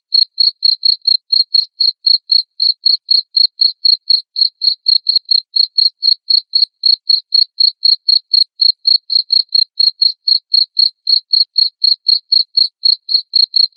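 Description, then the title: Cricket in a long unbroken sequence of sharp, high chirps, evenly spaced about four per second throughout. Loud cricket chirping (ngerik) played to make lovebirds sing (ngekek) continuously. "Suara JANGKRIK NGERIK Keras Bikin LOVEBIRD Jadi NGEKEK Terus Vubey"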